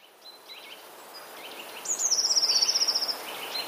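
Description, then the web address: Eurasian blue tit: one thin introductory note followed by a rapid, even, high-pitched trill lasting about a second, with faint chirps. "wroblowe teka spiew 3. modraszkoteka"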